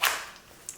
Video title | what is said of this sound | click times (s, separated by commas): My Current Airsoft Loadout 2022 | kiwi has a nice click in uh re-insert re-index so I know for sure that the magazine is retained | 0.7 s